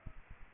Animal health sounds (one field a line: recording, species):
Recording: mosquito wingbeat signal from an infrared sensor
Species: Aedes aegypti